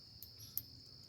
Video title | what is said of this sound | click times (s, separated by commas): CVLife Bipod | so there is tolerance issues on all these rails there you go locks in place on this one so there's definitely a tolerance issue right | 0.6 s